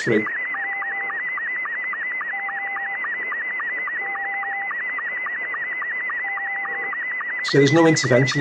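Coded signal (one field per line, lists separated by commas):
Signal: SSTV (slow-scan television)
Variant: Scottie 2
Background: speech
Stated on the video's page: RTTY and SSTV sent on HF through the same soundcard audio path and radio settings used for FT8.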